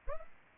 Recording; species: mosquito wingbeat signal from an infrared sensor; Culex pipiens